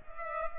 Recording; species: mosquito wingbeat signal from an infrared sensor; Culex pipiens